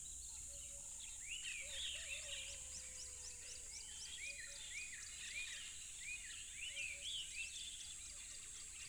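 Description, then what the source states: Crickets keep up a steady, high, shimmering trill throughout, while birds call over it with repeated arched whistled notes and a low tonal note. Crickets recorded by a tropical river.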